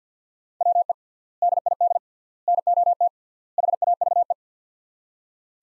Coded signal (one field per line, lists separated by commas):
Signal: Morse code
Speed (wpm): 50 wpm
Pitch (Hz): 700 Hz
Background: none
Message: WE DID NOT HAVE